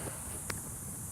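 A propeller is pressed onto a plastic drone motor hub and snaps into place with a single short, sharp click at 0.5 s, heard over a steady high-pitched hiss. The propeller is seated on the motor.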